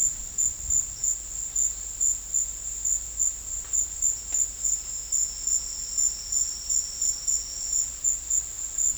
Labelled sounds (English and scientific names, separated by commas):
none